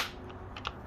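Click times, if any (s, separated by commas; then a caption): 0.7 s. A self-attaching training wheel is slid onto a bike, and its plastic push pins are pressed into the bike's rear mount. A soft tick is heard at 0.6 s, then a sharp snap at 0.7 s as a push pin snaps into place, seating the training wheel.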